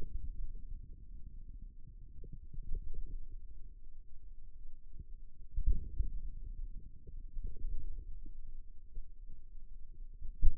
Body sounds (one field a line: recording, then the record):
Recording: forearm muscle sounds (acoustic myography)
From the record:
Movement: outward rotation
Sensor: system 2, bracelet of six BSWA MPA416 microphones around the upper forearm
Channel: 3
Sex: male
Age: 22 years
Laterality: right